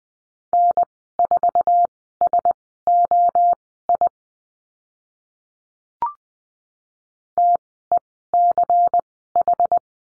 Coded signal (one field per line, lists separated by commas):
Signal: Morse code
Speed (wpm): 20 wpm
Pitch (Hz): 700 Hz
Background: none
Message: N4SOI TECH